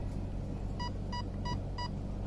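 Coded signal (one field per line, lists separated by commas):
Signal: beep code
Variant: Carisma ESC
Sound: four short, evenly spaced buzzy beeps over a low rumble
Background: low motor rumble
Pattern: 4 short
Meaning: Selects the fourth driving mode option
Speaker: 4 beeps is what we want. 1, 2, 3, 4.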